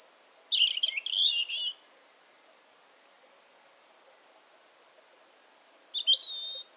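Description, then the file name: European robin, a high sweet warbled phrase with jumbled rapid notes, then silence, then a short clear whistled fragment near the end. "Erithacus rubecula"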